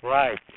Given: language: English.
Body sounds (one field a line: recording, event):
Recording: throat vibration sensor signal played as sound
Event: speech